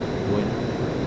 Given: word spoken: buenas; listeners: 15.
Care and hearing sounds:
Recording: one Spanish word in noise, from a listening test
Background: speech-shaped noise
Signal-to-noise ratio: -5.8 dB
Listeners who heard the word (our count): 0 of 15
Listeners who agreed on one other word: 7 of 15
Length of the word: 0.67 s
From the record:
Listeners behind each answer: 7, 1, 1, 1, 1, 1, 1, 1, 1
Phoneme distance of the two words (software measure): 7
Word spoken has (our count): 2 syllables, 6 phonemes, stress on syllable 1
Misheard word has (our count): 2 syllables, 5 phonemes, stress on syllable 1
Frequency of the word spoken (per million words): 63.63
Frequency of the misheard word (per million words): 221.28

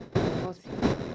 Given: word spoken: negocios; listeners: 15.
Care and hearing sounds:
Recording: one Spanish word in noise, from a listening test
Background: noise modulated by one talker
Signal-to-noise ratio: -12.2 dB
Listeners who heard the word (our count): 0 of 15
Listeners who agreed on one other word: 10 of 15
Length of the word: 0.75 s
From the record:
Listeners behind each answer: 10, 3, 1, 1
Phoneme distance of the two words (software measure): 7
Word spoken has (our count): 3 syllables, 8 phonemes, stress on syllable 2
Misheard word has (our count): 3 syllables, 7 phonemes, stress on syllable 2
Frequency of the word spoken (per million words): 56.64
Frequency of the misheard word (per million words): 55.86

